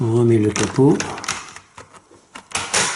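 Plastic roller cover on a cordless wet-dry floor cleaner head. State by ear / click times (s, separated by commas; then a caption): seated / 2.4 s, 2.6 s. Someone talks as the plastic cover over the brush roller of a Kärcher FCV 3 cordless wet-dry vacuum mop's floor head is refitted. After a few small knocks, the cover snaps home with sharp clicks at 2.4 s and 2.6 s and is seated in place.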